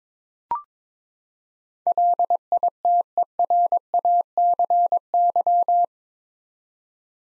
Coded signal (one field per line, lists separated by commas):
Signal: Morse code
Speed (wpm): 22 wpm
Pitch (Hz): 700 Hz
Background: none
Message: LITERACY